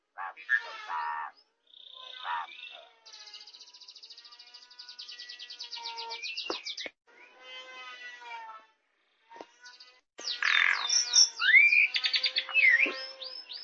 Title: Kicau Burung Pentet